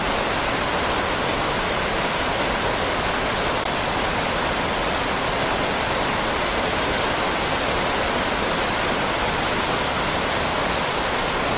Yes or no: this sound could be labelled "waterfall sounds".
yes